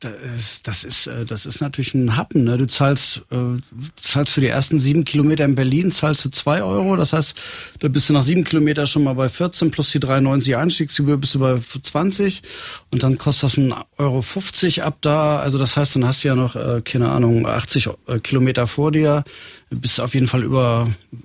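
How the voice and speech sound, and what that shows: An adult man speaking German in typical, fluent conversational speech.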